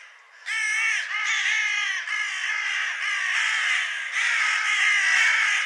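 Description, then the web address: Bird calls: after a short quiet start, a long run of rough, harsh caws, tightly packed and overlapping to the end. "cianscape birddata Deverinetal 2025"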